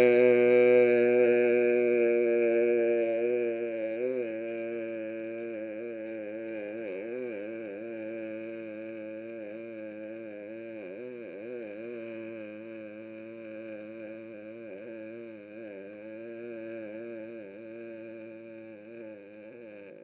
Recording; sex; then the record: sustained vowel /e/; male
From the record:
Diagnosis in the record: healthy control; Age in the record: 60 years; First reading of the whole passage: 60 s, 8.3 characters per second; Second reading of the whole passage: 54 s, 9.4 characters per second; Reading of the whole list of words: 38 s, 7.2 characters per second